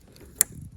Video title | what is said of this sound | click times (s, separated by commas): Deactivate Auto-Start on Chrysler/Jeep/Dodge/Ram | You will hear, again, a clicking sound. | 0.4 s